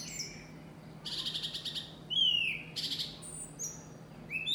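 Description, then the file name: Bird calling with high thin whistles and short buzzy bursts, a clear falling whistle at two seconds, sounds spaced irregularly. "unknownbird"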